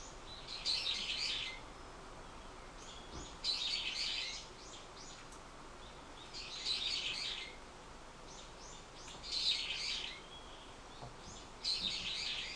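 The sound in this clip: Bird calls: five scratchy, high chirping phrases a few seconds apart, with fainter notes between them.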